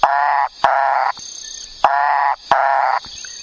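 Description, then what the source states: Macaya burrowing frog calls: harmonic notes about half a second long, given in two pairs, with sharp clicks at some note starts. Found in Haiti in an area where it had never been found before, a surprise not on the search list; described as having a very froggy voice.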